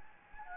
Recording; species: mosquito wingbeat signal from an infrared sensor; Anopheles gambiae